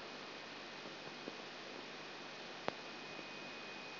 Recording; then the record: brain microelectrode recording played as sound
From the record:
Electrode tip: outside the subthalamic nucleus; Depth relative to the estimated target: -4 mm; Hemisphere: left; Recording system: AlphaMap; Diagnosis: Parkinson's disease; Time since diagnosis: 12 years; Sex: female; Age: 47 years